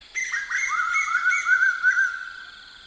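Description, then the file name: Koel call: a quick run of bubbling, rising and falling whistled notes over a steady high tone, lasting about two seconds before fading. "bird koel"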